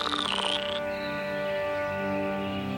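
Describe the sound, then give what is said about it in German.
Frogs croak in a dense, steady chorus of buzzing, droning calls, with a brief high warbling call at the start before the low chorus carries on alone. “So waren es rechte Frösche und sprangen an Land.”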